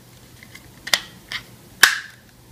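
A plastic case is closed around a single-board computer and pressed until it snaps shut. After a few faint taps, sharp plastic clicks sound at 0.9 s and 1.8 s, and the second is the loudest. The case is locked.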